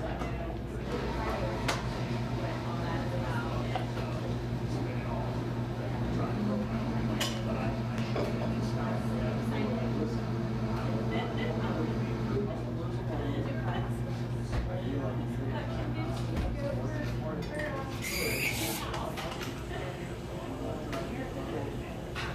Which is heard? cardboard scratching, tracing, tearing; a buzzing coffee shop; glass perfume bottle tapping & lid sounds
a buzzing coffee shop